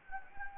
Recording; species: mosquito wingbeat signal from an infrared sensor; Anopheles gambiae